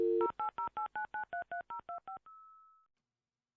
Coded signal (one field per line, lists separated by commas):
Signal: DTMF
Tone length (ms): 120 ms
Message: 08089933025